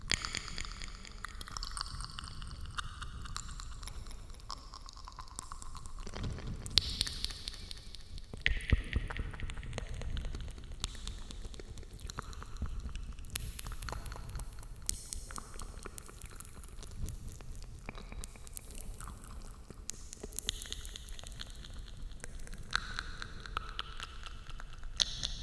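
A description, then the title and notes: Mouth sounds fill the recording: wet clicks, smacks, puffs and short hissy bursts follow one another closely and irregularly for the full length. An echo smears each sound into a soft trailing wash, with a low rumble underneath and a few sharper pops around seven and nine seconds. Today’s episode includes mouth sounds with an echo effect. Mouth sounds with echo effect.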